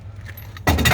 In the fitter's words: just like this it snaps right in it's locked in